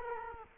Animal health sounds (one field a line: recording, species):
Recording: mosquito wingbeat signal from an infrared sensor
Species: Culex quinquefasciatus